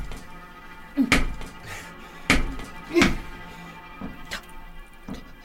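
knocking on a wall

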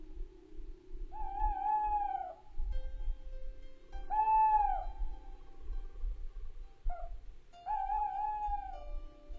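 owl hooting

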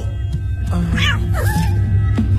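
cat meowing

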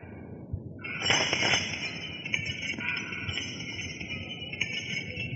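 glass breaking

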